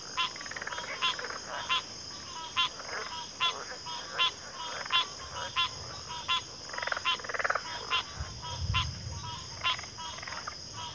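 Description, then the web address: Crickets in chorus, a steady high continuous trill throughout, overlaid by louder, frequently repeated frog-like pulsed calls. Chorus of crickets at a backwater. "Sleep Sounds of Nature CRICKETS 03 Backwater Chorus"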